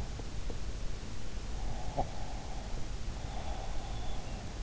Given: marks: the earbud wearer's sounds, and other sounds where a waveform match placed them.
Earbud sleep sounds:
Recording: sounds in sleep by an in-ear microphone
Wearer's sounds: breath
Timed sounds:
1.76-4.54 s: breath

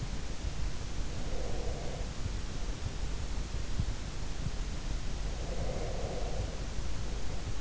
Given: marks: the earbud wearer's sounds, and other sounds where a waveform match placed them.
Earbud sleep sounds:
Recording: sounds in sleep by an in-ear microphone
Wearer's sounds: breath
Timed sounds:
0.98-2.96 s: breath
5.40-7.61 s: breath

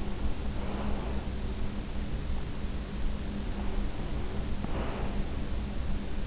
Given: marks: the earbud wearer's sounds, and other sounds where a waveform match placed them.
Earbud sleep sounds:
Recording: sounds in sleep by an in-ear microphone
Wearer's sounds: breath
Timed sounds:
0.53-1.39 s: breath
4.50-5.30 s: breath

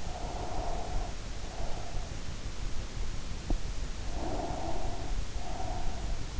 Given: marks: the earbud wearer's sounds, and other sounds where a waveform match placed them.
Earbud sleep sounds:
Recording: sounds in sleep by an in-ear microphone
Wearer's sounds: breath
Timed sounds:
0.03-2.24 s: breath
4.19-6.40 s: breath

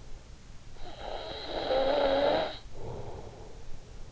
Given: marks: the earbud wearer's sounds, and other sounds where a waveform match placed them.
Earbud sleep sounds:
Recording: sounds in sleep by an in-ear microphone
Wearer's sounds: snoring breath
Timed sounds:
0.47-3.73 s: snoring breath

